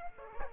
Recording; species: mosquito wingbeat signal from an infrared sensor; Aedes aegypti